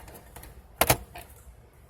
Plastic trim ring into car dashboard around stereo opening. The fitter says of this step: Should snap right in.